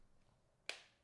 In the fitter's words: very nice click on those Corners